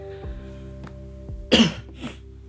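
An adult's single sharp, harsh cough followed by a softer second cough, over a steady low background hum, from a throat that has not yet fully healed.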